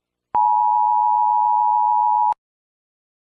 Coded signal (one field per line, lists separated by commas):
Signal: Emergency Alert System (SAME) tones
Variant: 853 and 960 Hz attention tone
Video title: 🌈🎨 | Pumpkin Zombies - EAS scenario #7